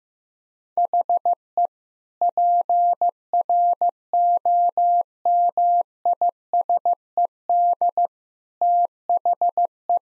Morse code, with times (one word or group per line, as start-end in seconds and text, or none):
0.8-1.7 HE
2.2-8.1 PROMISED
8.6-10.0 THE